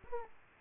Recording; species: mosquito wingbeat signal from an infrared sensor; Aedes aegypti